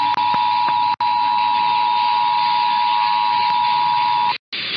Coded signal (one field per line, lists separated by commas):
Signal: Emergency Alert System (SAME) tones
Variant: 853 and 960 Hz attention tone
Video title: EAS #165-182 - More Monthly Tests (2/14-15/24)